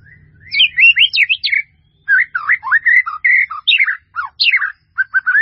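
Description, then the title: White-rumped Shama singing a long, varied run of clear whistles and slurred notes, some rising and falling steeply, with brief pauses between phrases. "murai batu"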